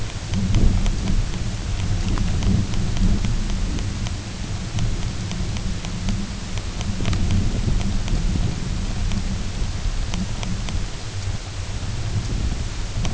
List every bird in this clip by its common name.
none